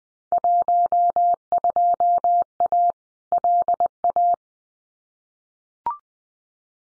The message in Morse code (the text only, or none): 12A LA